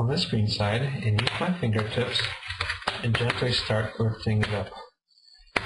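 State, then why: Released. Someone talks while fingertips gently lift the plastic screen bezel of an HP Pavilion g4 laptop lid up from the screen side during a screen replacement. After a quiet pause, a sharp snap rings out at 5.6 s as a plastic retaining clip lets go, a good sign that the bezel is coming off.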